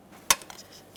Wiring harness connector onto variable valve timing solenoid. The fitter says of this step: Pull that up into position here. Listen for our click from that